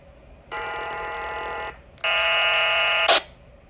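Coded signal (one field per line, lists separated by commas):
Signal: HF data modem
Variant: VARA FM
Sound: two dense multi-tone data bursts about one second each, then a short hiss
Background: quiet room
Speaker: So again, so click ko mag-press muna ako sa PTT.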